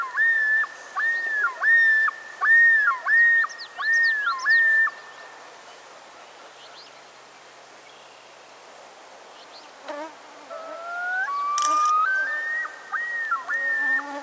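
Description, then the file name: Common Loon: a series of loud wavering whistled yodel notes, a quiet gap, then a rising, stepped wail climbing through several pitches. "Gavia immer - Great Northern Loon"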